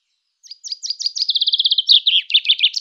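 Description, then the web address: Common chaffinch song: a short run of slurred notes speeding into a fast, even trill that drops slightly and ends in a brisk, jumbled flourish. Labelled autumn 2013 (podzim 2013). "podzim 2013 Fringilla coelebs"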